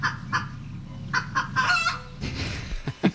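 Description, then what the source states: Chicken clucking: several short harsh clucks, then a noisier stretch of scratchy clucks. Played back as a recording.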